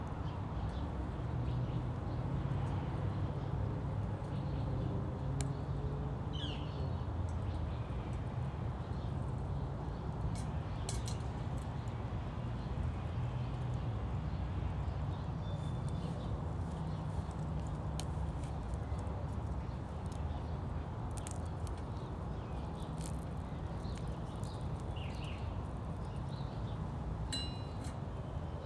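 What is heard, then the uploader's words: A small fire at sunrise: a steady, dense low roar runs throughout, with sharp crackles and pops breaking through every few seconds, clustered around 5, 10, 20 and 27 seconds. Faint bird chirps sound near 6 and 25 seconds. Sunrise with a small fire in Phoenix, Arizona. I decided to enjoy the Sunrise from my backyard, with a small fire. We recently got a gift of a Solo Stove Mesa, which is around 9 inches tall and 3-4 inches in diameter. You can also hear a lot of the traffic starting to pick up outside my neighborhood in Central Phoenix, Arizona. Birds chirping.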